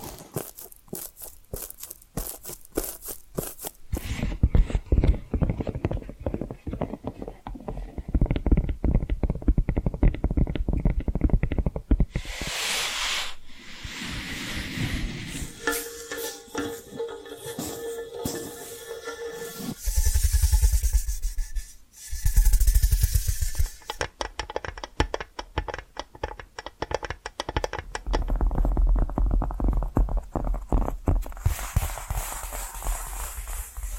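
Tapping and scratching sounds shift through several textures: rapid, dense tapping in the first twelve seconds, then rougher scratching bursts and a steadier rubbing stretch in the middle. Short pauses and a brief lull near twenty-two seconds break it up before quick tapping returns at the end.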